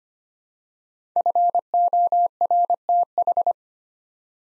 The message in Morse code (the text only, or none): FORTH